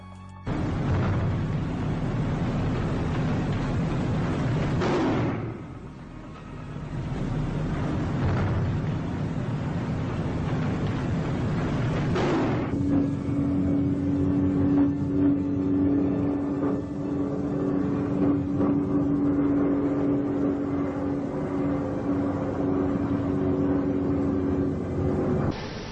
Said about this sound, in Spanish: Y comenzamos por los sonidos de los aviones, sonidos psicofónicos que bombardearon precisamente Belchite, y los picados de los Stukas junto a los motores.